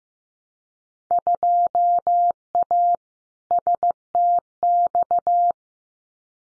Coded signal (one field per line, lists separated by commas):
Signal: Morse code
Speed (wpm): 16 wpm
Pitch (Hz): 700 Hz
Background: none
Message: 2A STX